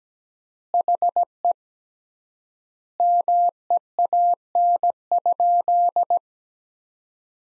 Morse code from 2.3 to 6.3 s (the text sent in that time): MEAN?